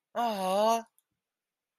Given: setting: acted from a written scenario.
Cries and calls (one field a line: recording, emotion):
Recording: vocal sound without words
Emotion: adoration